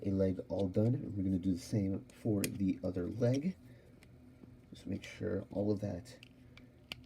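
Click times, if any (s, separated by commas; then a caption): 6.9 s. A plastic leg part of a Transformers Studio Series 114 Deluxe Class Megatron (Transformers One) transforming action figure is pushed home into its mating slot during conversion while someone talks. A sharp click is heard at 6.9 s as the part snaps into place, seated.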